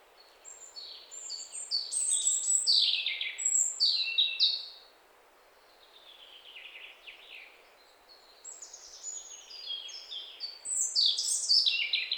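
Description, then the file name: European robin song in two sparkling phrases of high, fluty and twittering notes, separated by a quiet pause with a faint, softer warble between them. "Erithacus rubecula"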